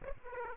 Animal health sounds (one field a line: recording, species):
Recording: mosquito wingbeat signal from an infrared sensor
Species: Aedes aegypti